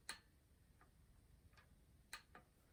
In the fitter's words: right there's the click